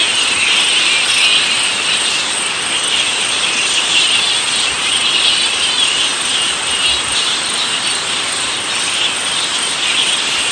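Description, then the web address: Straw-coloured fruit bat colony, a constant buzz of countless high squeaks and chitters, evenly loud from start to finish. "earth naturelibrary assets s st straw-coloured fruit bat"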